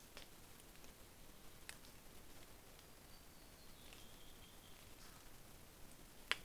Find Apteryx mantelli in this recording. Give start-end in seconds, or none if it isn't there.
none